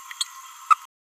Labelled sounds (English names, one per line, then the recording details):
Green-rumped Parrotlet babbling
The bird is a female
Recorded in a nest box in Venezuela
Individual 17B31A3